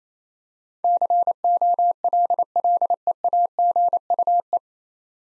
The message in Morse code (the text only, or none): COLLEAGUE